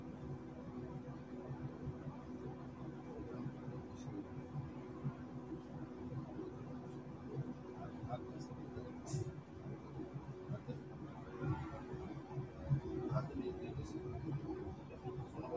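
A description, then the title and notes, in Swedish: Inside a moving bus, a steady low engine rumble and hum sits under murmured voices, with a sharp click near nine seconds. Lyssna in Min Bussresa.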